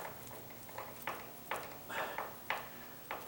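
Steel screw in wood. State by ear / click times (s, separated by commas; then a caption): stripped / none. A larger wood screw is turned by hand with a screwdriver into a stripped screw hole on a door hinge, making light ticks around 1.1, 1.5, 2.2 and 2.5 seconds. Nothing has seated or clicked yet. The screw is only a little snugger and still spins, so the thread does not fully bite and the hole stays stripped.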